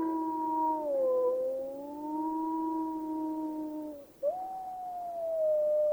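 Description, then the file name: Wolf howling, long wavering tones dipping then rising, one howl breaking off briefly near four seconds before a new rising howl begins. Wolves calling, 11 January 2016. "Wolves 20160111"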